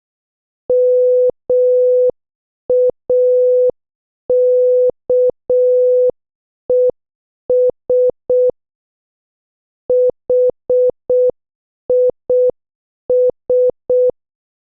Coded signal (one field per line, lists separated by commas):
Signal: Morse code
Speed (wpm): 6 wpm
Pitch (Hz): 500 Hz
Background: none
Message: MAKES HIS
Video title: 14. Morse Code Challenge | Practice with your favorite Movie Dialogues | 6 WPM